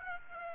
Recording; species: mosquito wingbeat signal from an infrared sensor; Aedes aegypti